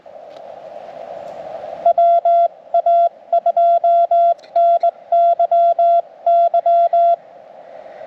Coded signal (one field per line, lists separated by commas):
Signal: Morse code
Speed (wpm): 20 wpm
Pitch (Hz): 680 Hz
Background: none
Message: WA2NYY